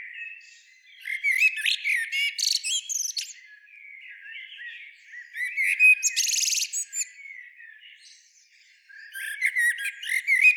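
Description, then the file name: Common blackbird uttering scratchy, high twittering calls in irregular bursts, with a few hissing squeaks and quieter rasping notes between them. "Turdus merula"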